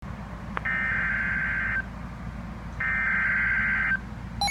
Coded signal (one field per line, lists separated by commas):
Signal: Emergency Alert System (SAME) tones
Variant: header bursts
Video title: EAS Severe Thunderstorm Warning Anoka Hennipen and Wright County Minnesota NOAA Weather Radio KEC65